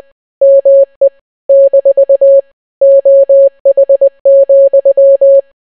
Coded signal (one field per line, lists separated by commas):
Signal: Morse code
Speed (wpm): 20 wpm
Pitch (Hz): 550 Hz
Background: none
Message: ME - OH,